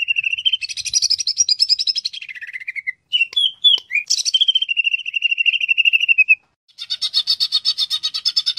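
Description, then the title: Greater green leafbird singing a long rattling trill that slides lower, a few sharp notes, a steady buzzy trill, then after a short gap a harsh rapid rattle. "Cucak Ijo"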